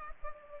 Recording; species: mosquito wingbeat signal from an infrared sensor; Culex pipiens